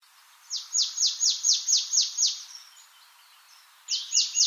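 Marsh tit delivering a fast string of about eight sharp, falling chips, then starting another run at the end.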